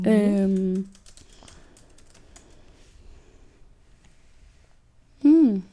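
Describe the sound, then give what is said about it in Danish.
Soft, irregular clicking of keys on a computer keyboard as someone types notes, framed by short bursts of voice at the start and end. “Jeg ser lige ved at skrive ned, fordi jeg kan huske.”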